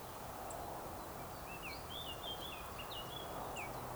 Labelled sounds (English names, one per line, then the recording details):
Eurasian Woodcock
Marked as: woodcock, woodcock
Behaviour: display flight
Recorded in Baden-Württemberg, Germany, on 27 June 2020 at 19:17 UTC
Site 43791, 788 m above sea level